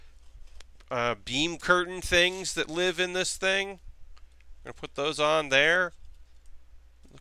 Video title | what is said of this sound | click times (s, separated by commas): Workshop 227 7/25/19 | cool I didn't lock into place but that's alright we'll figure that out | none